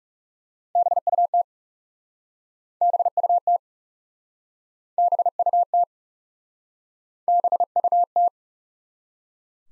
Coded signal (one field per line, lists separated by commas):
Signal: Morse code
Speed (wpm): 40 wpm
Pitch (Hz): 700 Hz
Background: none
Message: BUT BUT BUT BUT